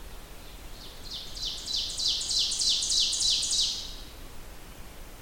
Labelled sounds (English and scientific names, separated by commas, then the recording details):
Ovenbird (Seiurus aurocapilla) song
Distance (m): 30 m
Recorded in boreal forest in Alberta, Canada, on 29 June 2016 at 05:16
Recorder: SongMeter 3, array SBT-6-79
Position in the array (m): 283 m, 40 m
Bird 39